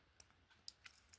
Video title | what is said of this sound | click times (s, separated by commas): Transformers G1 Cosmos | That should click into place probably. | 0.7 s